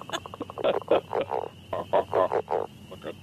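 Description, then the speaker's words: Northern leopard frog croaking: a rapid run of pulses, then several short creaky, grunting bursts. Call likened to running a finger across a balloon or a creaky door; more subtle than chorus frogs and spring peepers, harder to notice above them. "It's hard to think about those northern leopard frogs getting noticed above the chorus frog and the spring peeper."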